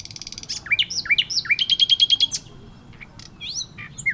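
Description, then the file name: Common nightingale song: a fast run of varied phrases with swooping whistled notes, then a rapid series of sharp repeated notes, then scattered high notes after a brief pause. "Luscinia megarhynchos"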